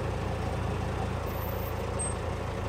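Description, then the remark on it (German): A glider launch winch at the other end of the runway, about one kilometre from the start position, pulls in the cable to launch an ASG 29i glider. It gives a steady, heavy engine drone, a deep rumbling roar that holds an even loudness throughout, with no voices. “Die Winde ist startklar, ich ziehe an.”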